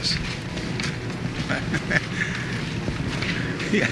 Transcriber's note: laughs